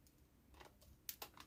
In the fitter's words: qui se clipsent les deux ensemble.